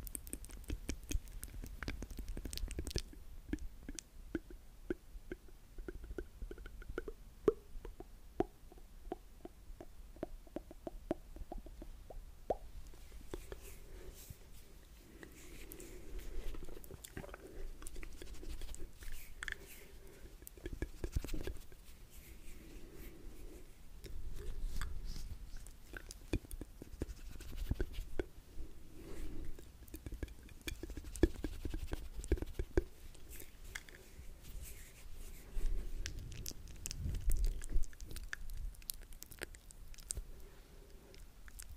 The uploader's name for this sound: ASMR Mouth Sounds